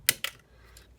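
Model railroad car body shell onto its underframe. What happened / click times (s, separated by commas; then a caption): The plastic body shell snapped onto its frame with two clicks / 0.1 s, 0.2 s. Two sharp clicks at 0.1 s and 0.2 s mark the plastic body shell of a model freight car being pushed back onto its chassis, with one and a quarter ounces of weight centered inside, until it latches. The clicks are followed by faint quieter ticks near 0.4 s and 0.8 s. The body shell is seated, snapped onto its underframe.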